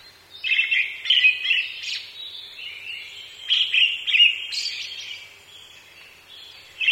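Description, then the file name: Brown-headed thrush singing a sequence of fluty, warbling phrases, some closing with a high thin note, delivered about every few seconds with quiet gaps between. "akahara"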